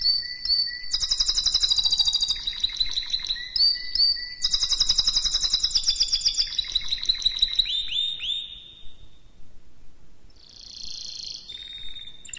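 Canary song with fast rolling trills and high buzzy phrases for about eight seconds, a short pause, then a brief soft chattering burst.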